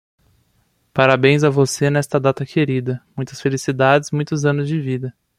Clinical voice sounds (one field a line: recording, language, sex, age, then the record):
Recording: short text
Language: Brazilian Portuguese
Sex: male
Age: 20 to 29 years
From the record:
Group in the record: control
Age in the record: 27 years